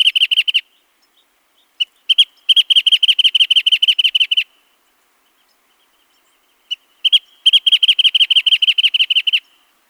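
Wrentit giving two songs after the end of an earlier one, each a couple of isolated introductory notes followed by a fast, evenly paced string of short, bright notes, with a quiet gap between.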